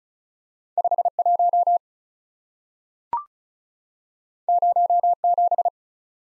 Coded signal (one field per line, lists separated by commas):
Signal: Morse code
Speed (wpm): 36 wpm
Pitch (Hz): 700 Hz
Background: none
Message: 51 07